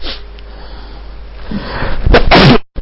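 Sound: sneeze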